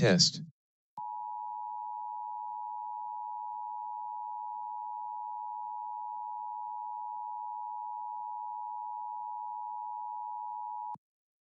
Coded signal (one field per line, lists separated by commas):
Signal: Emergency Alert System (SAME) tones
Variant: 853 and 960 Hz attention tone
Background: speech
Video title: LIVE AM/MW DX: DX Central Live - S. 3, Ep. 7 | Friday November 4, 2022 | MWFC: 1500-1550 kHz